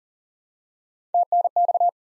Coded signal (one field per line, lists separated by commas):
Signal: Morse code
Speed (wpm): 40 wpm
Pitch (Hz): 700 Hz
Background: none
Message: TNX